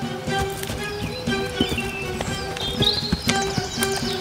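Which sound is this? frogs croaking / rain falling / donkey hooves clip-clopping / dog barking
donkey hooves clip-clopping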